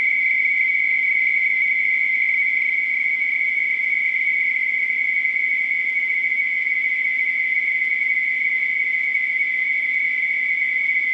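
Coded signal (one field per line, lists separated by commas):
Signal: NAVTEX (SITOR-B)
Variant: 100 baud SITOR-B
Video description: This is a recording of the Navtex startup transmission from Niton on the Isle of Wight. Received frequency is 518KHz.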